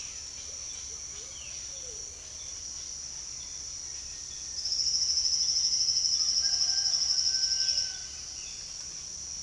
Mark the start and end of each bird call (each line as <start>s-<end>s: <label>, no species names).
0.00s-1.80s: bird call
4.54s-8.19s: bird call